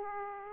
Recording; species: mosquito wingbeat signal from an infrared sensor; Aedes aegypti